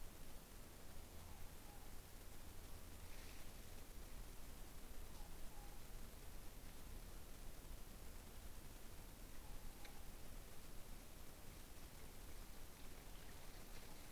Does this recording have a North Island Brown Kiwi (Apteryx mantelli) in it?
no